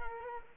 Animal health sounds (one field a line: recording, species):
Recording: mosquito wingbeat signal from an infrared sensor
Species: Culex quinquefasciatus